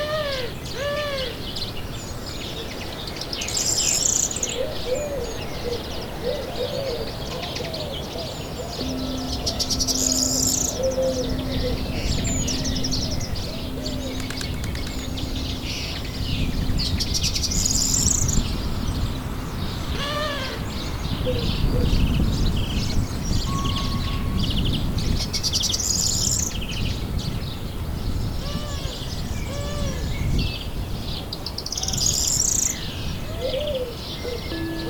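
Nature sounds: dense birdsong with many overlapping chirps and warbles, plus a bright, sharp call that returns about every seven seconds. A low, rough rumble runs underneath throughout, swelling slightly past the midpoint, and a faint steady hum appears partway through.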